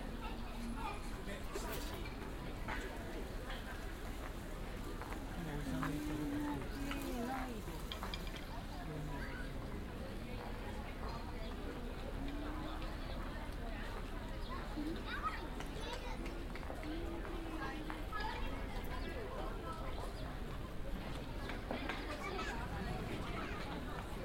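A binaural field recording from the Asakusa district of Tokyo, Japan, filled with a steady wash of overlapping voices and crowd chatter. Loudness stays even throughout, with brief clatters and knocks scattered across the texture and a low rumble underneath.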